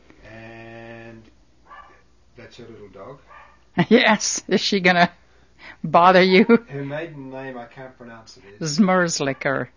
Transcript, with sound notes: And that's her little dog. (Dog barking in the background.)
Yes. Is she going to bother you?
Her maiden name I can't pronounce. It is--
Zmerzlikar.